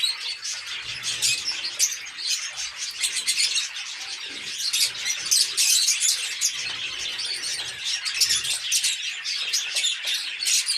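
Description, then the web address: Lovebirds producing a constant, noisy chorus of squeaky, high chirps and twitters from many birds. "nerazlucniki-fiseramaskovye agapornis-fischeri"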